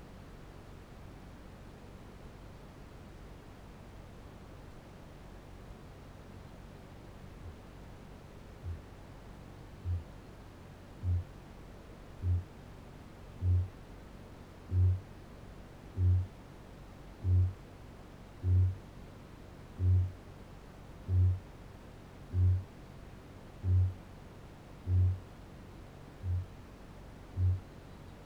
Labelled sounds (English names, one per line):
Kākāpō boom